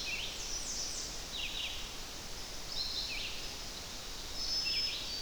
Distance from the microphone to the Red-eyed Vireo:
about 50 m